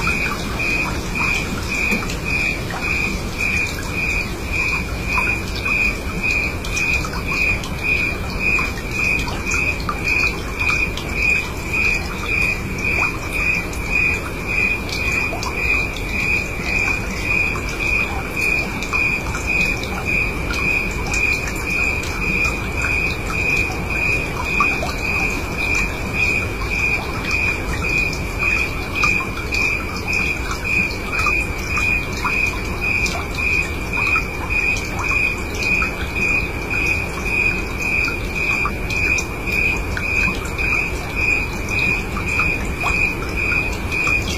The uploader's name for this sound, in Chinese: 大自然的声音：夜晚风声水声